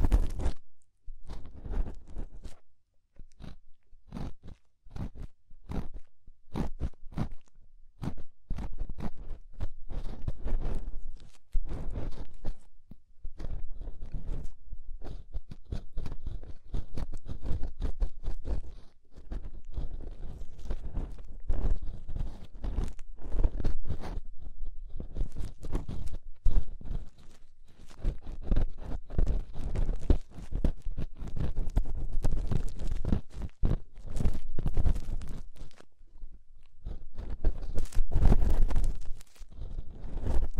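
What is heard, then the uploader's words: Scraping at the inner and outer ear, heard as dense, irregular scratchy rasps and crackles that run almost without pause for the whole clip. The strokes come in quick clusters, heavy in the low end with thin bright edges, and a few brief quieter gaps fall around 3, 19 and 36 seconds. Inner and Outer Ear Scraping (No Talking).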